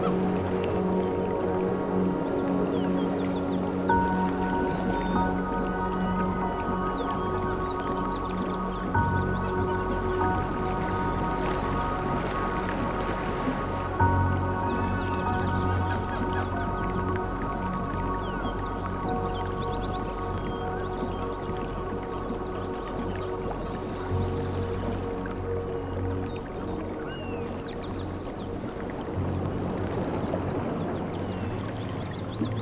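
Music with ocean and jungle sounds: steady sustained tones and low drones layered over a constant wash, with faint drips and squishy textures throughout.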